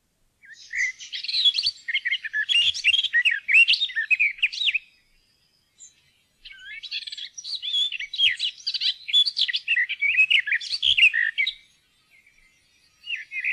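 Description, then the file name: Garden warbler song in long, flowing phrases of rich, scratchy and liquid warbled notes, two extended bursts separated by a brief silence, a third beginning at the end. "hagesanger"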